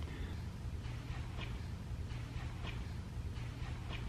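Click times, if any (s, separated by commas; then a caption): none. The O-ring on a male quick-connect fitting is lubed, and the male and female halves of a fuel line coupling are handled before being pushed together. A steady low rumble runs throughout, with faint, brief handling noises at intervals. Nothing has been connected or clicked yet.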